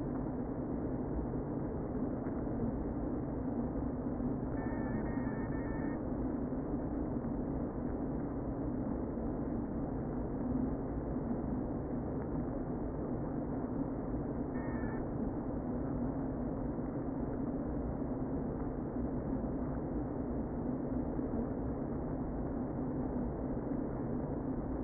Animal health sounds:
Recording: honeybee colony, microphone inside the hive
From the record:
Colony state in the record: queen present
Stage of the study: before two queens were removed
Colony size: about 60,000 bees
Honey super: yes

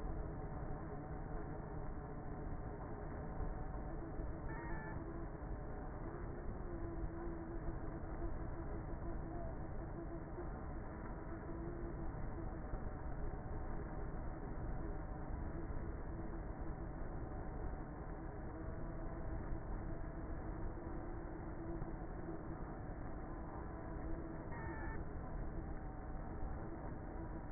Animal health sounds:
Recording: honeybee colony, microphone inside the hive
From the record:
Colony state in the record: queenless with a low population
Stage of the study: before two queens were removed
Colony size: about 30,000 bees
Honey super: no

